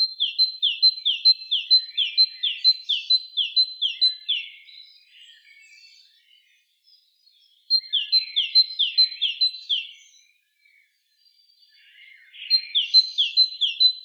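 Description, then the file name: Great tit delivering three bursts of quick, repeated high-then-lower two-note phrases, separated by pauses holding faint soft chatter. "Parus major"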